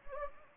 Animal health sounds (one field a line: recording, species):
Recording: mosquito wingbeat signal from an infrared sensor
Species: Anopheles gambiae